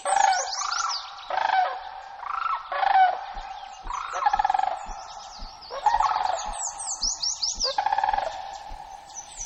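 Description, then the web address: Sandhill crane calling in repeated rattling, trumpeting bursts. Recorded in Alaska on 26 May 2015 at 06:04. "alaska BIRDS 20150526 060431 Sandhill"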